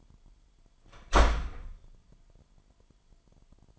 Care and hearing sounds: daily activity, microphone in the room; close door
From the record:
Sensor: 5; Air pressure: 998.5 hPa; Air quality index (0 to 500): 82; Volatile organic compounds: 1 ppm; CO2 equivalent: 934 ppm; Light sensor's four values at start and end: 32/78/32/36 and 32/78/32/35

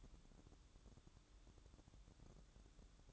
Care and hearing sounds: daily activity, microphone in the room; take from stove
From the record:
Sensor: 3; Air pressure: 1008.1 hPa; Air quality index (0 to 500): 130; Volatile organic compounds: 2 ppm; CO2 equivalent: 1077 ppm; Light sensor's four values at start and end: 8/20/8/8 and 8/20/8/8

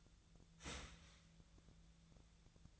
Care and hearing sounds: daily activity, microphone in the room; start toaster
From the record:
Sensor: 3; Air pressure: 1009.3 hPa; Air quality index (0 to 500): 198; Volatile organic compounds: 17 ppm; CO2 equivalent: 2570 ppm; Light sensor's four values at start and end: 32/81/34/36 and 32/81/34/37

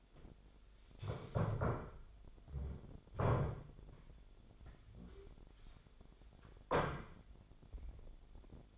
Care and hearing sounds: daily activity, microphone in the room; stand up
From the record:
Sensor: 5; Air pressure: 1007.9 hPa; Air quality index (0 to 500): 153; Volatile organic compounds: 3 ppm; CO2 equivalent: 1470 ppm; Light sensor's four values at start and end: 57/160/62/62 and 57/160/62/62

